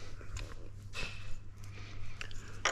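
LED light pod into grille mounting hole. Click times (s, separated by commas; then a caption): 2.6 s. An LED grille light pod, one of four for a 2023 Ranger OEM grille, is pushed in from the front into its mounting hole after its cable has been fed through, fitting in only one orientation. Soft handling taps and scrapes sit over a steady low hum, with small ticks around 0.4 s and 2.2 s. A sharp, loud click at 2.7 s marks the light seating in place.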